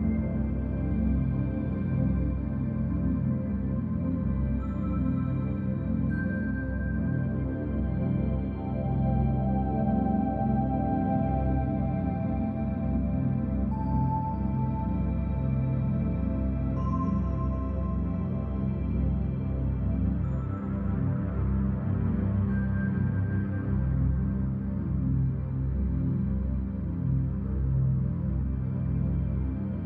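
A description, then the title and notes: Alpha binaural beats: a steady, low drone of layered tones that pulses gently and evenly throughout. Brief higher tones chime in now and then, around 6, 14, 17 and 22 seconds, resembling soft singing-bowl notes over the unchanging hum. Flow State with Alpha Binaural Beats.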